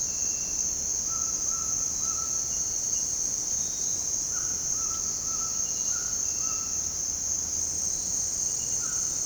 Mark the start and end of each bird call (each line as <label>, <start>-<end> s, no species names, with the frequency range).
bird call (0.9-1.6 kHz), 1.06-2.57 s
bird call (0.8-2.0 kHz), 4.27-6.90 s